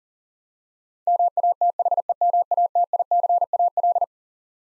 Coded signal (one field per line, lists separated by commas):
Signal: Morse code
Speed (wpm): 40 wpm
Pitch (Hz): 700 Hz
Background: none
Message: MATHEMATICAL